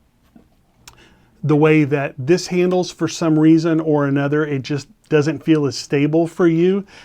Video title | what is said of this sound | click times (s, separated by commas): Best Backpacking Stove and Camping Pot Set Up for 2025! | I really like this folding handle that locks in place | 0.9 s